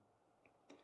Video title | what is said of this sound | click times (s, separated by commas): FX DRS Disassembly - FX Masterclass | And then slightly turn it until you feel it click where that little moon cuts right into the block at the bottom. | 0.5 s, 0.7 s